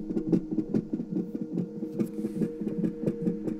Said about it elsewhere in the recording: Just this heartbeat. Sound she recorded on her cell phone. Baby's heart's beating super, super fast, so it sounds like a rabbit or something. This heartbeat pops up, and then there's the baby, and you can see it, and she looks fine.